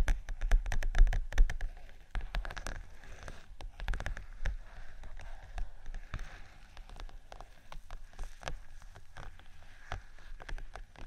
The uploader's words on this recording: ASMR Tapping & Scratching 5 Types Of Vinyl（No Talking）.